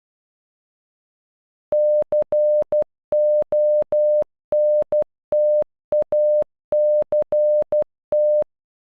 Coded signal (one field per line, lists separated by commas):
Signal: Morse code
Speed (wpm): 12 wpm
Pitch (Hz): 600 Hz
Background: none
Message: CONTACT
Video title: Contact in Morse code